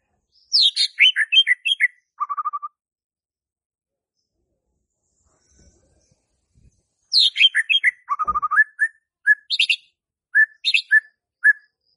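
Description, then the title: White-rumped shama song: descending tumbling whistles, a short buzzy trill, then after a pause another run ending in separate clear whistled notes. Lure song used to provoke stressed White-rumped shamas that have stopped singing into song. "PANCINGAN Murai Batu STRES & MACET"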